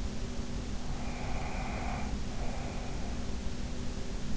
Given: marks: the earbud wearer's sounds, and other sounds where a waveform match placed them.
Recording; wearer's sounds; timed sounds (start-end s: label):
sounds in sleep by an in-ear microphone; breath
1.07-3.47 s: breath